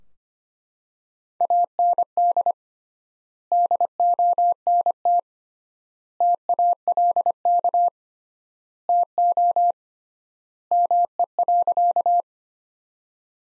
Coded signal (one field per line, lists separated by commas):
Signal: Morse code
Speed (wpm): 25 wpm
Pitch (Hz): 700 Hz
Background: none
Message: AND DONT TALK TO ME.